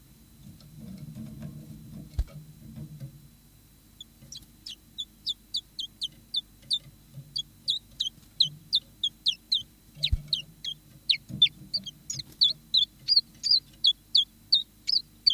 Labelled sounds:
Common Chiffchaff

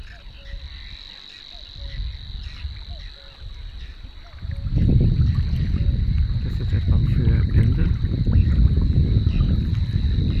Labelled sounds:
Savi's Warbler song

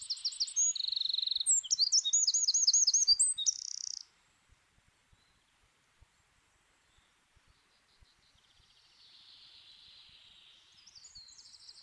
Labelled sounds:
Eurasian Wren song

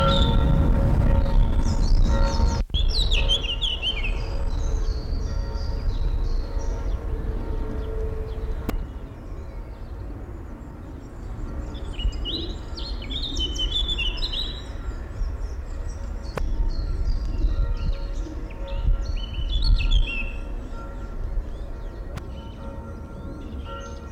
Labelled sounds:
Eurasian Blackcap

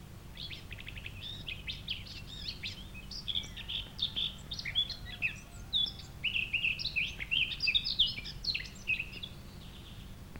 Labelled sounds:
Eurasian Blackcap song

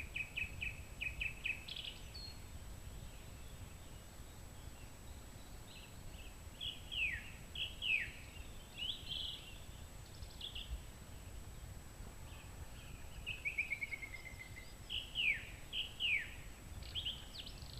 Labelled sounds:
Song Thrush song

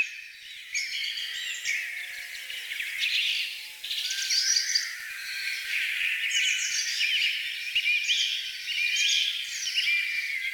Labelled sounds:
Song Thrush song

